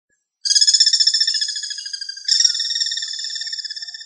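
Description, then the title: Bird giving a rapid, rattling trill that starts suddenly, holds steady, then jumps to a slightly brighter, stronger phrase halfway through. "LuckyPassaro Completos2Sama"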